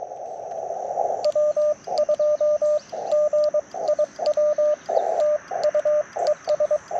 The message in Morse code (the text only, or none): W2GIW TU ES